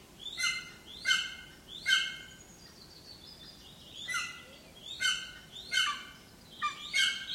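Bird singing short sharp phrases of descending stacked notes, repeated in bursts under a second apart, with a brief gap near the middle.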